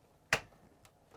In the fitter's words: and I heard a click